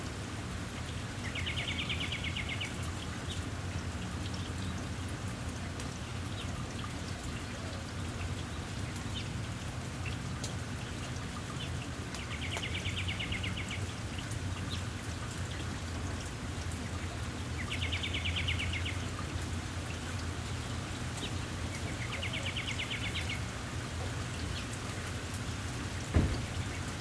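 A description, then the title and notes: Light rain patters steadily over a low traffic rumble, while a bird repeats a short buzzy trill about every five seconds; one sharp tap near the end. Sounds from my neighborhood on a day with some light rain. The usual birds chirping away. Recorder: Zoom H6 Mic: XYH-6 X/Y Capsule 120 Degrees Gain Setting: 5.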